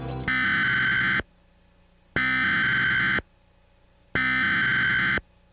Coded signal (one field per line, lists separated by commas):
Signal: Emergency Alert System (SAME) tones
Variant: header bursts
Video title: USA EAS Alarm (1999)